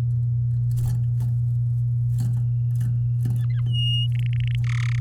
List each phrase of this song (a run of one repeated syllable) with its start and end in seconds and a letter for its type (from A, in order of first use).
3.35-3.61 A, 3.66-4.07 B, 4.12-4.55 C, 4.64-4.99 D